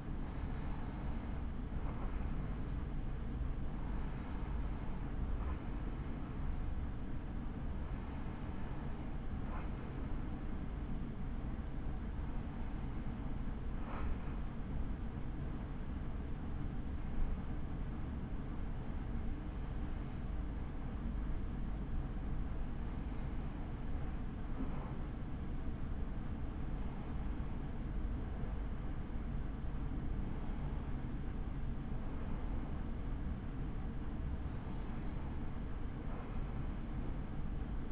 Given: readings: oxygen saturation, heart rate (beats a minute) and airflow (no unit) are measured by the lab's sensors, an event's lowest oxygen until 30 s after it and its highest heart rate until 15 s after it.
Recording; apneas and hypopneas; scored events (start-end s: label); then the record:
breathing in sleep by a smartphone at the bedside; none
none scored
From the record:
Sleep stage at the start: REM sleep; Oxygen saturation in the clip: 92 to 96%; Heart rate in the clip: 51 to 71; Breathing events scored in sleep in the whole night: 83 in 6.1 hours asleep